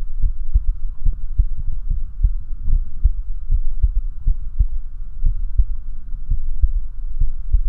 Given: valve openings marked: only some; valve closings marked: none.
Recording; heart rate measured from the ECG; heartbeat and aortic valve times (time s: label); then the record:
heart sounds by stethoscope; 69 bpm
0.25 s: heartbeat (ECG mark)
1.09 s: heartbeat (ECG mark)
1.14 s: aortic valve opens (echo mark)
1.94 s: heartbeat (ECG mark)
2.75 s: heartbeat (ECG mark)
2.80 s: aortic valve opens (echo mark)
3.54 s: heartbeat (ECG mark)
4.30 s: heartbeat (ECG mark)
4.35 s: aortic valve opens (echo mark)
5.29 s: heartbeat (ECG mark)
5.32 s: aortic valve opens (echo mark)
6.34 s: heartbeat (ECG mark)
6.37 s: aortic valve opens (echo mark)
7.24 s: heartbeat (ECG mark)
From the record:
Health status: healthy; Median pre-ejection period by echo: 39 ms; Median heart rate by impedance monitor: 72 bpm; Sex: male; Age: 19 years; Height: 170 cm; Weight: 63 kg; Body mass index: 21.80